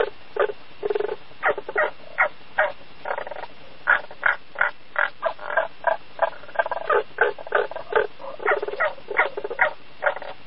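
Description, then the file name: Frog croaking in a dense, rapid series of short, harsh, rattling notes, uneven in loudness throughout. "kaeru"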